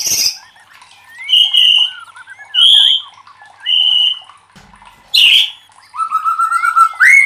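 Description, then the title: White-rumped shama song: loud, varied whistled phrases with sliding notes and rapid trills, delivered in bursts separated by short pauses, some harsh buzzy notes mixed in. Training (masteran) recording made for teaching cage birds; titled 'labaik'. "MASTERAN MURAI BATU LABAIK"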